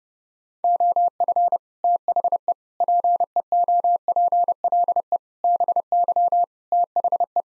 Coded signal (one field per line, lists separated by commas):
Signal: Morse code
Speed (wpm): 30 wpm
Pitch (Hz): 700 Hz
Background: none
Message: OF THE PEOPLE BY THE